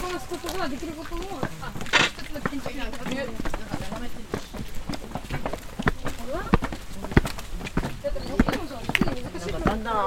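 Walking through a castle in Kyoto: steady footsteps tap and knock every fraction of a second while the floorboards give off short, bending squeaks. Several people talk throughout, with a brief sharp hiss near the two-second mark.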